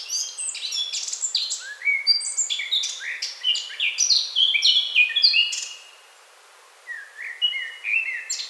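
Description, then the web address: Eurasian blackcap song: long, rich warbling run of rapid varied notes and clear whistles, a brief pause, then another quick phrase begins. "SETE Sylvia atricapilla"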